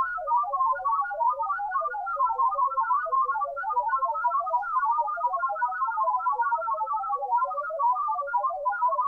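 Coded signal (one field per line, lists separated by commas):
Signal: multi-tone FSK (Olivia or MFSK type)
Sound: steady stream of quick warbling tones hopping around a narrow band, like random flute notes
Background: low hum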